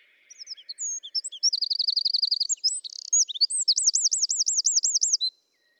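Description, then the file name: Eurasian wren delivering an energetic song of shrill twitters, a rapid even trill, a brief rattle, and a final series of looping, bouncing high notes. "Troglodytes troglodytes"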